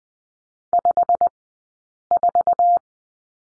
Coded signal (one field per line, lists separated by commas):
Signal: Morse code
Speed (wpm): 20 wpm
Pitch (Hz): 700 Hz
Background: none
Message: 54